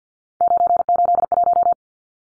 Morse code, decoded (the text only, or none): 981